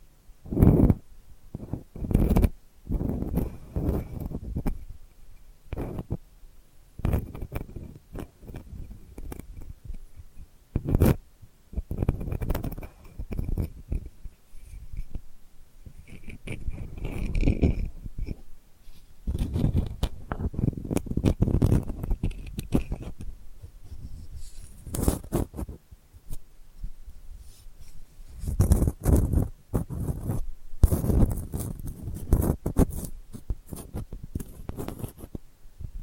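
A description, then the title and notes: Delicate scratching goes on throughout, in dense, uneven bursts of rasping strokes. Sharper, brighter scrapes break in every few seconds, with a busier stretch around 28 to 33 seconds. A faint steady whine sits in the background for much of the clip. ASMR Delicate Scratching for Sleep (No Talking).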